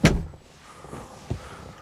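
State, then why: Seated. The rear seatback of an MG IM6 is lifted and pushed upright until its recline latch in the seat frame clicks and locks. A sharp, loud click-thunk sounds at 0.1 s, followed by quiet rustling and a softer thump around 1.3 s. The seatback is seated and locked in the more upright position.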